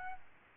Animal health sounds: mosquito wingbeat signal from an infrared sensor; Aedes albopictus

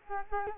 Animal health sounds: mosquito wingbeat signal from an infrared sensor; Culex quinquefasciatus

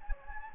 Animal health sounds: mosquito wingbeat signal from an infrared sensor; Anopheles gambiae

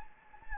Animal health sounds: mosquito wingbeat signal from an infrared sensor; Anopheles gambiae

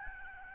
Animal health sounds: mosquito wingbeat signal from an infrared sensor; Aedes albopictus

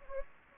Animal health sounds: mosquito wingbeat signal from an infrared sensor; Anopheles gambiae

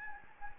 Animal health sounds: mosquito wingbeat signal from an infrared sensor; Anopheles gambiae

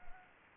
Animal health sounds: mosquito wingbeat signal from an infrared sensor; Anopheles gambiae

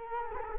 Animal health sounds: mosquito wingbeat signal from an infrared sensor; Culex quinquefasciatus

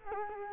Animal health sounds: mosquito wingbeat signal from an infrared sensor; Culex quinquefasciatus

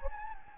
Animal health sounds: mosquito wingbeat signal from an infrared sensor; Anopheles gambiae

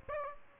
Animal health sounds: mosquito wingbeat signal from an infrared sensor; Aedes aegypti

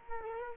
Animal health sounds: mosquito wingbeat signal from an infrared sensor; Culex quinquefasciatus

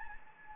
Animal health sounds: mosquito wingbeat signal from an infrared sensor; Anopheles gambiae

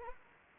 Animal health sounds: mosquito wingbeat signal from an infrared sensor; Anopheles arabiensis

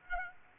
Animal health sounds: mosquito wingbeat signal from an infrared sensor; Aedes aegypti

